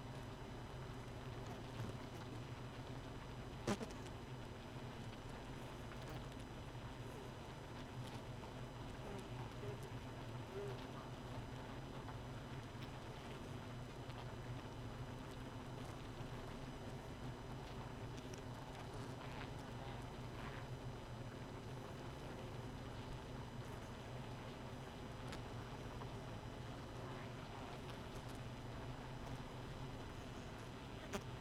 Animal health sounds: honeybee colony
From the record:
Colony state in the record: missing queen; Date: 31 May 2018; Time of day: 0:05

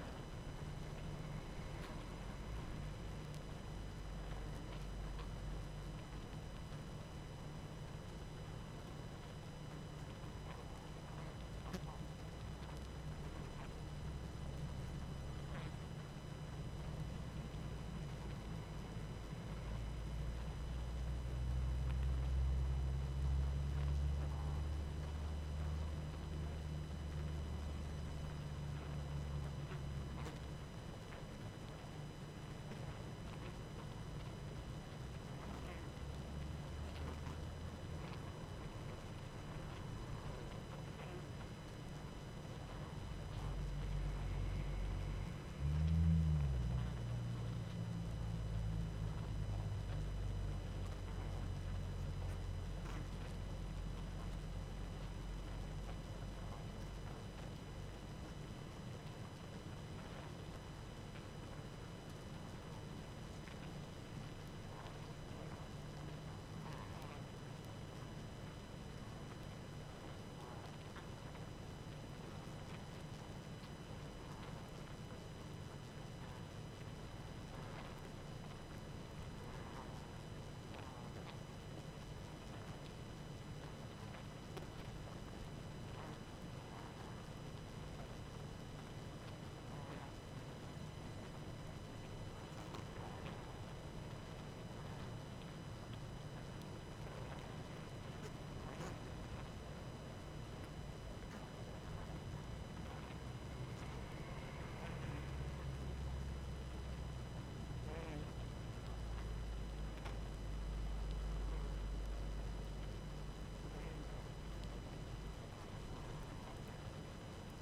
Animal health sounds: honeybee colony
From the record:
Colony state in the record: active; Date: 12 June 2018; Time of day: 19:35

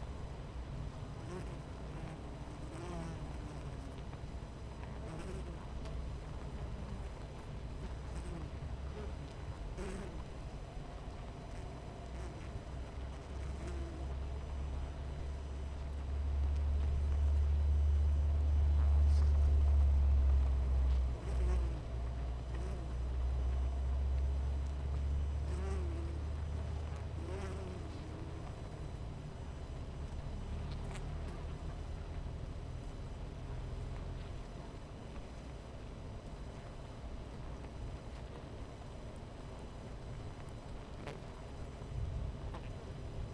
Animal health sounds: honeybee colony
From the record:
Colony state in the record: missing queen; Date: 14 July 2017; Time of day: 11:01

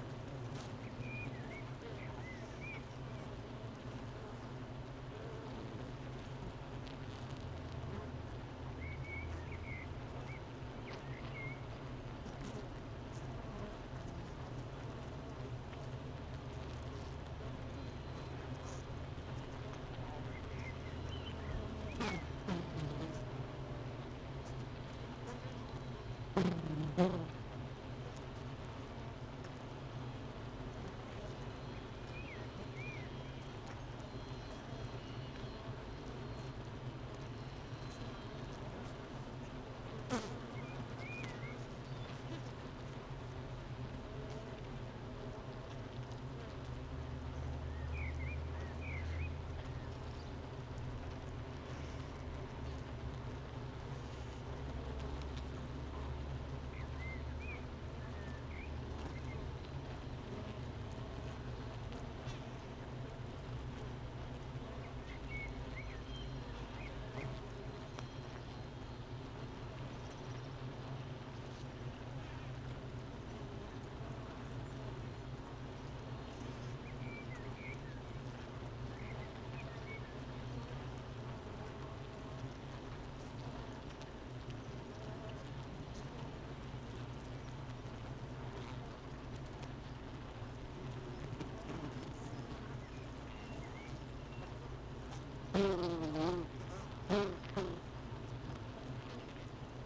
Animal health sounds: honeybee colony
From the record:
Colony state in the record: missing queen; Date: 31 May 2018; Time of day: 8:58

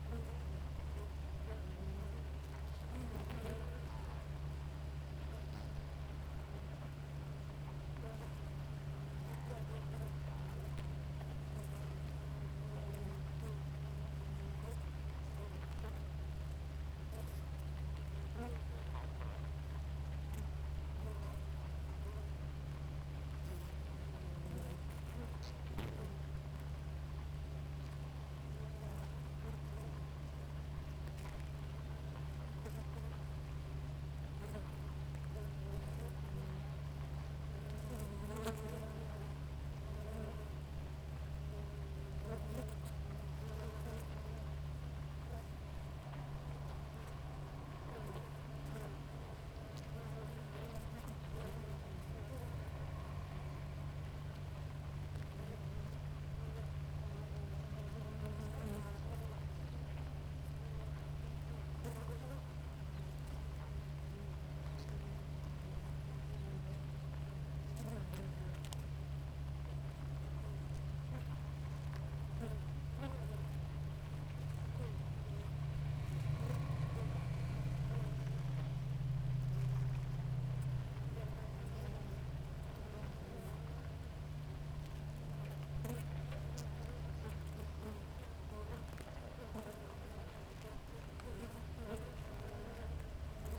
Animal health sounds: honeybee colony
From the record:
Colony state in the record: active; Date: 28 July 2017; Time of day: 5:22

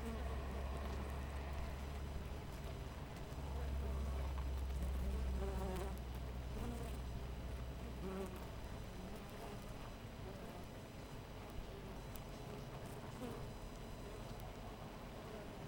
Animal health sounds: honeybee colony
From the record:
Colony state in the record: missing queen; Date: 14 July 2017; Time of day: 5:16

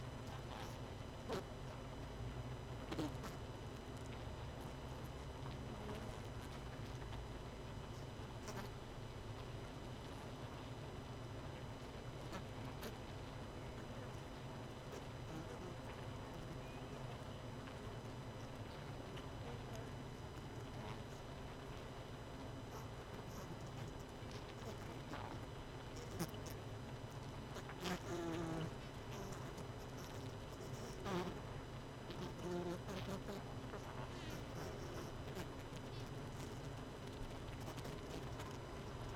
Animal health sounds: honeybee colony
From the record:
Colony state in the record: missing queen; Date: 31 May 2018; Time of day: 18:30

